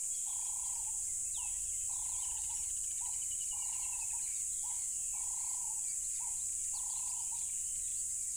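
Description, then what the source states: Steady high-pitched cricket drone throughout, under a regular sequence of lower hooting notes, each long note followed by a short one, plus a faint bird whistle. Loud crickets beside a tropical river.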